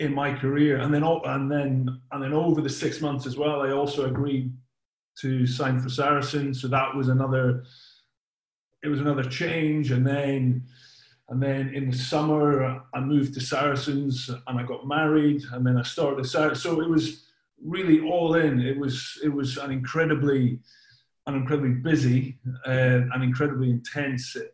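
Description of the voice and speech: A man speaks at a moderate pace with repeated phrases ("and then, and then", "incredibly… incredibly"), drawn-out sounds, and hesitant pauses up to a second. These fit a mild, largely covert stammer in an adult who otherwise speaks fluently.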